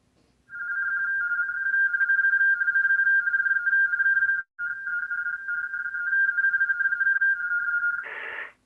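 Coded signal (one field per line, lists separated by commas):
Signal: RTTY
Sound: warbling two-tone teletype chatter around 1.5 kHz for about 7 seconds, briefly interrupted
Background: short noise burst at end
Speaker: So here's a CQ using traditional RIDI.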